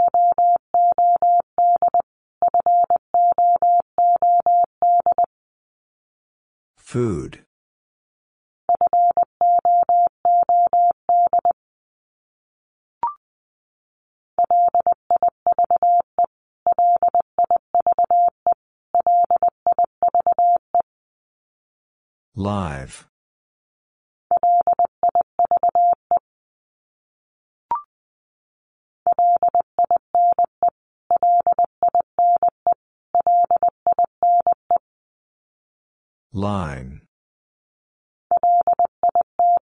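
Morse code beeps at one steady mid-pitched tone, sent in quick runs of short and longer pulses with brief gaps between groups. Three times, near 7, 22 and 36 seconds, a short rising swoosh sweeps in, and two faint clicks fall in the pauses.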